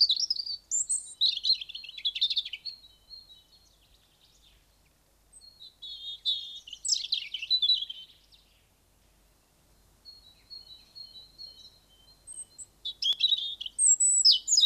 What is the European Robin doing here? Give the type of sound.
song